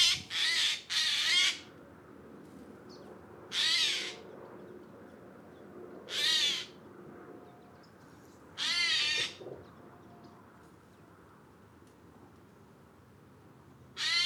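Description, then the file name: Eurasian jay screeching harshly: a quick burst of three raspy calls, then single screeches about every two and a half seconds, with a longer gap before the last, seven calls in all. "Garrulus glandarius"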